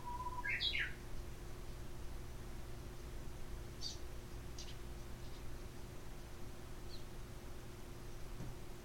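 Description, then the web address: Japanese bush warbler song, brief: a short whistle snapping into a fast warbled flourish, then a few faint high chips over a low steady hum. "lovepostpet uguisu"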